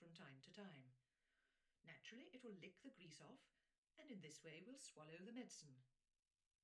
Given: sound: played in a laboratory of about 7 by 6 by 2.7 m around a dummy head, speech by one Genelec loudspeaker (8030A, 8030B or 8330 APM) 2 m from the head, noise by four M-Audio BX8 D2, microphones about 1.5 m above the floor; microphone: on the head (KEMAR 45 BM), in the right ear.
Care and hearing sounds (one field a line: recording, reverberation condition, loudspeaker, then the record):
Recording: female speech in English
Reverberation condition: low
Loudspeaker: in front (0 degrees)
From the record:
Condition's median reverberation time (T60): about 310 ms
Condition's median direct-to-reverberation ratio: about 3.5 dB